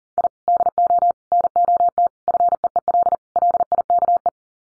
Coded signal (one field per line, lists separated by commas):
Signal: Morse code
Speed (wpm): 37 wpm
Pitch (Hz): 700 Hz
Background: none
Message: I DO NOT FEEL LIKE